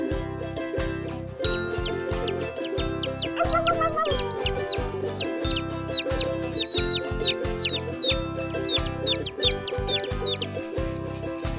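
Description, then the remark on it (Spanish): Chicks peep rapidly and continuously in high, thin chirps while hens cluck underneath, all set against a steady, rhythmic pulsing background that never lets up. “Los pollitos dicen pío, pío, pío, cuando tienen hambre, cuando tienen frío.”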